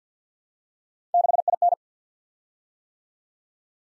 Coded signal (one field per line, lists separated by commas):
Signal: Morse code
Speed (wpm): 53 wpm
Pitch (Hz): 700 Hz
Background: none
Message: 6IN